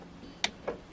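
A plastic power cable connector is unlatched and pulled out of a graphics card's power socket, with a sharp, bright click at 0.4 s followed by a softer, lower knock at about 0.7 s. The connector comes free and is removed from the socket.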